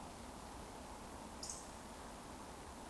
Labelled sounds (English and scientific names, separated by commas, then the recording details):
Eurasian Woodcock (Scolopax rusticola) whistle
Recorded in Baden-Württemberg, Germany, on 11 June 2020 at 20:27 UTC
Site 14569, 102 m above sea level